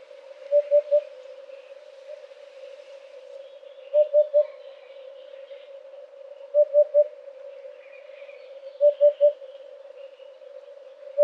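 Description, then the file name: Eurasian hoopoe giving four hollow three-note hoots, oop-oop-oop, every few seconds, over a steady drone. "huppe fasciee"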